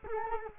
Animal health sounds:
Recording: mosquito wingbeat signal from an infrared sensor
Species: Culex quinquefasciatus

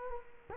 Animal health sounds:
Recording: mosquito wingbeat signal from an infrared sensor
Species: Culex quinquefasciatus

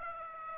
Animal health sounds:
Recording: mosquito wingbeat signal from an infrared sensor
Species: Aedes aegypti

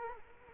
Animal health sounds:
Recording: mosquito wingbeat signal from an infrared sensor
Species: Culex quinquefasciatus

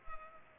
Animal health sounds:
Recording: mosquito wingbeat signal from an infrared sensor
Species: Culex pipiens

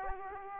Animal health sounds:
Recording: mosquito wingbeat signal from an infrared sensor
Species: Aedes aegypti

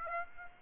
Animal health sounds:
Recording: mosquito wingbeat signal from an infrared sensor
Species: Aedes aegypti

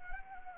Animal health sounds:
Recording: mosquito wingbeat signal from an infrared sensor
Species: Anopheles arabiensis

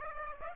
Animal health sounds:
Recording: mosquito wingbeat signal from an infrared sensor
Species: Aedes aegypti

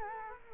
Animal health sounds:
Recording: mosquito wingbeat signal from an infrared sensor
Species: Culex quinquefasciatus

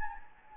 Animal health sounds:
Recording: mosquito wingbeat signal from an infrared sensor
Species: Anopheles gambiae

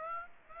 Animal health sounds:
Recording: mosquito wingbeat signal from an infrared sensor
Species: Aedes aegypti

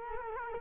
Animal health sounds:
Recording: mosquito wingbeat signal from an infrared sensor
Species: Culex quinquefasciatus

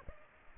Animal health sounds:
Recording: mosquito wingbeat signal from an infrared sensor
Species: Aedes aegypti

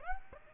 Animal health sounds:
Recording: mosquito wingbeat signal from an infrared sensor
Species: Aedes aegypti

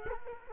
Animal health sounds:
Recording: mosquito wingbeat signal from an infrared sensor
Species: Culex quinquefasciatus

